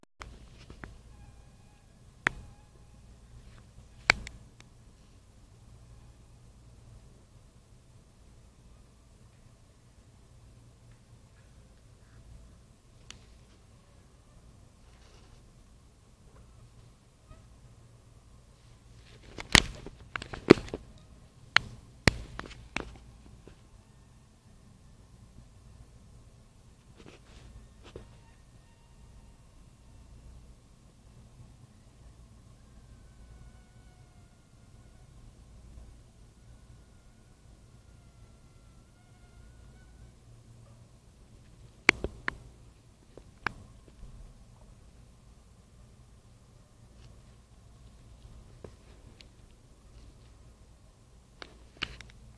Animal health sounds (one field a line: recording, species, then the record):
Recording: mosquito flight sound by mobile phone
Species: Anopheles minimus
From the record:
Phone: Nokia 5235